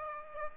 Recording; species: mosquito wingbeat signal from an infrared sensor; Aedes aegypti